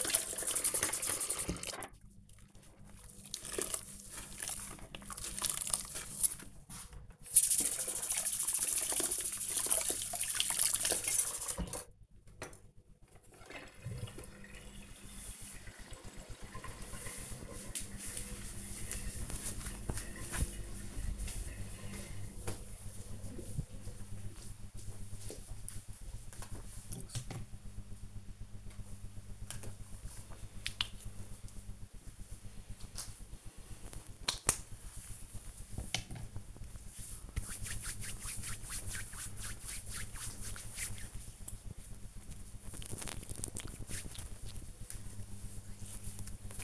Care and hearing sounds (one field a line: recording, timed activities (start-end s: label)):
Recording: household activities, microphone on the right wrist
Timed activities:
0.00-14.00 s: washing dishes
28.10-46.64 s: cream hands